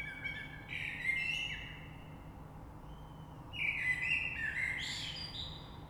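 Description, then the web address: Common blackbird song: mellow fluted whistles in two phrases separated by a pause, each ending in thinner high twittering notes; steady low background hum. Recorded 3 March 2020. "oiseaux Rush Merle 3-3-2020"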